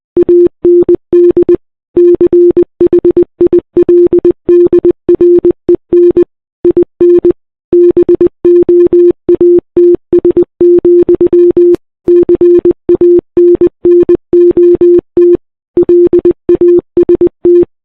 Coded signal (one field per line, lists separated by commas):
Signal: Morse code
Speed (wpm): 20 wpm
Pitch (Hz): 350 Hz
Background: none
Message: AND CHILDREN IN BOATS, CANNOT LAST